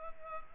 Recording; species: mosquito wingbeat signal from an infrared sensor; Culex pipiens